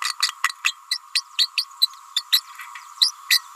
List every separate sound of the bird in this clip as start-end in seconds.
0.02-0.13, 0.22-0.34, 0.43-0.48, 0.64-0.73, 0.90-0.98, 1.15-1.21, 1.38-1.50, 1.57-1.64, 1.81-1.87, 2.15-2.23, 2.32-2.40, 3.00-3.11, 3.30-3.40